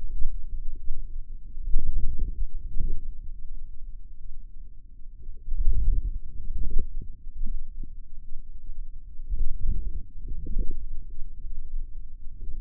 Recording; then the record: forearm muscle sounds (acoustic myography)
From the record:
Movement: inward rotation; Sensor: system 2, bracelet of six BSWA MPA416 microphones around the upper forearm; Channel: 4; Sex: male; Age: 22 years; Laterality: right